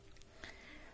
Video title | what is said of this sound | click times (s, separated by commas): अच्छा tripod कम दाम में सिर्फ 299 में flipkart से | और फिर उसे ऊपर करेंगे, फिर लॉक कर देंगे और ये हमारा यहीं पर लॉक हो जाएगा। और | 0.2 s, 0.4 s